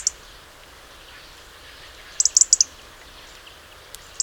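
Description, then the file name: European robin calling with a tight series of several loud, high-pitched ticks midway, plus a single tick at each end, in near silence. "Erithacus rubecula"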